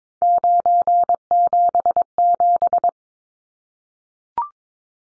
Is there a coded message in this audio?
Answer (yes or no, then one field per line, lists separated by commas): yes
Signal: Morse code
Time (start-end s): 0.2-2.9 s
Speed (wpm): 22 wpm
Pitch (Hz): 700 Hz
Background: none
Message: 977